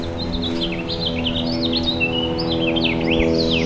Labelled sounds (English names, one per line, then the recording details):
House Finch song
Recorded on Long Island, New York, on 26 May 2012
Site OB
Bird A